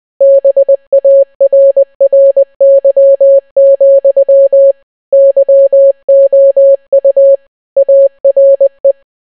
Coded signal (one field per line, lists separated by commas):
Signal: Morse code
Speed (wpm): 20 wpm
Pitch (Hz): 550 Hz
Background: none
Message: BARRY, YOU ARE